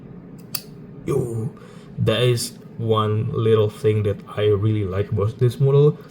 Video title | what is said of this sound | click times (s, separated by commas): Hotwheels Elite64 — 1967 Ferrari 330 P4 - REVIEW | you will get a satisfying click noise. That means that the part is already locked in place. | 0.5 s